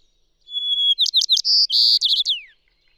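Bird song: a long pure high whistle, then rapid chirps, two buzzy trills and a quick stuttered run ending in a falling slur.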